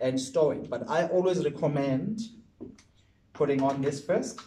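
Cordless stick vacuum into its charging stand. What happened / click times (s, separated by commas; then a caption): The vacuum is handled toward its stand but has not clicked home / none. A Genesis 5 in 1 Cordless Turbovac stick vacuum is handled for placement onto its plastic base or charging stand before charging, while someone talks throughout with a short pause near 2.6–3.3 s. Nothing has seated or clicked yet when the clip ends.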